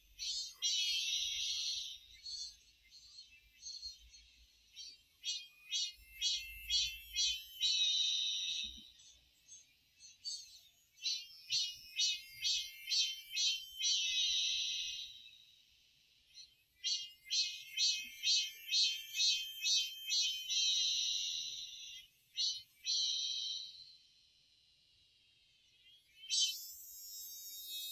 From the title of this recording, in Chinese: 晨露蝉鸣